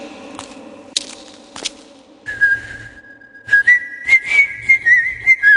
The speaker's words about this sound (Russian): … свистел, и его свист разносился по всей часовне.